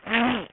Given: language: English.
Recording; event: throat vibration sensor signal played as sound; throat clearing